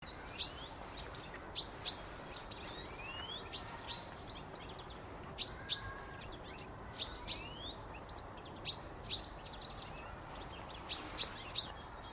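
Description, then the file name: Common chaffinch calls: sharp, high, clipped notes, mostly in pairs, repeated at a steady rate over a faint steady background hiss. "Fringilla coelebs"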